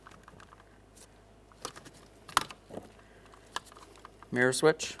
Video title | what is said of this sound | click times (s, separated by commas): How to Replace Front Driver Side Interior Door Handle 2012-2015 Honda Civic | Go ahead and press that in. Listen for a click there. | 2.4 s